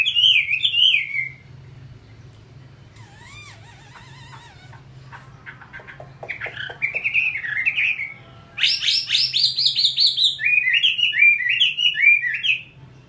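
Chinese hwamei song in bursts: rich warbled phrases of looping whistles, a quieter middle with clicks and scattered notes, then loud repeated slurred phrases returning; low hum throughout.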